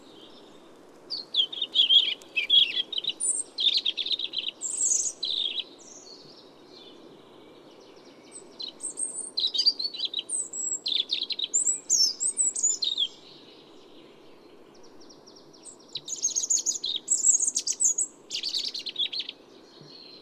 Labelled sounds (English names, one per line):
European Robin song